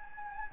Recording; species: mosquito wingbeat signal from an infrared sensor; Anopheles gambiae